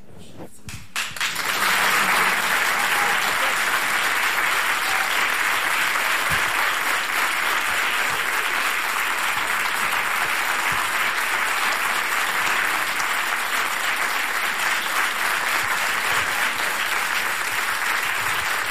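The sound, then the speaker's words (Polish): A studio audience bursts into applause after a brief quiet start, the clapping rising quickly and holding steady and loud, a dense crackling wash that continues without a break. “Dziękuję bardzo, ale te oklaski to lepiej zachować na później, ponieważ ja tu zbyt wiele nie wnoszę, ja tylko mam Państwa poinformować, z czym będziemy mieli do czynienia.”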